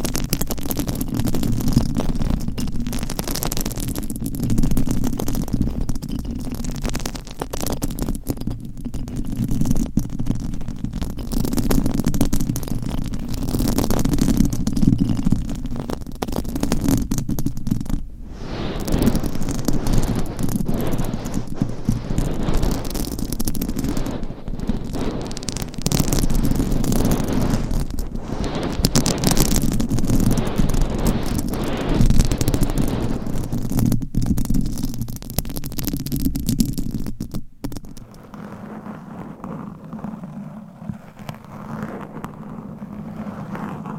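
Microphone scratching fills the recording with dense, rough rubbing and crackling that runs nearly nonstop, with a steady low rumble underneath. Brief dropouts break it around 18 seconds and again near 37 seconds, after which the scratching turns quieter and duller until the end.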